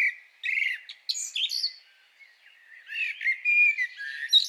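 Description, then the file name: Short passage of Common blackbird song, a few fluty phrases with high squeaky endings, then soft subdued warbling rising again. "Turdus merula"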